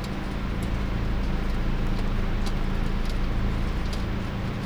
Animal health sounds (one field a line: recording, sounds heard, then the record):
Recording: poultry house recording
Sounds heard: no chicken sound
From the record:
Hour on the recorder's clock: 22